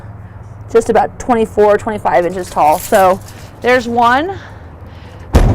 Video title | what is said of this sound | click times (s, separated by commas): All New 2023 Renegade Verona VBH - 5N210634 | so you hear that double latch like that sound nice and sturdy | 5.4 s